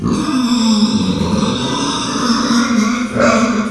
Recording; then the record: squeal of a Yucatan mini pig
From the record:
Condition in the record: after surgery on the right vocal fold (resection and tissue-engineered implant); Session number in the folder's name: 13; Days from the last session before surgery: 113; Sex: female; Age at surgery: 19 weeks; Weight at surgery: 25 kg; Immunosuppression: prednisolone